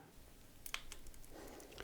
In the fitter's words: and I got a nice satisfying click when I push that in what's really important is we want to make sure we've got the cable inserted